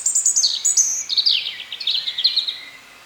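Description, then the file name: European robin song: a continuous tumbling string of very high, thin, twittering notes, rapid and varied, easing off at the close. "Erithacus rubecula"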